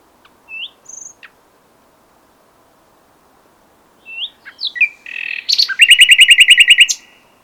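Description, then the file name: Common nightingale song: a few soft separate whistles, then sweeping notes building into a loud, fast, evenly repeated rattling phrase. "Luscinia megarhynchos"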